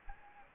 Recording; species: mosquito wingbeat signal from an infrared sensor; Anopheles gambiae